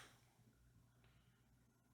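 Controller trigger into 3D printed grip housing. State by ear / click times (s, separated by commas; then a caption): not seated / none. A Lenovo Legion Go controller trigger is lined up by its two top tabs in the plastic 3D printed grip housing, ready to be pushed home. Only quiet handling noise over a low steady hum is heard, with a faint soft rustle near 1.0 s. Nothing has seated or clicked yet.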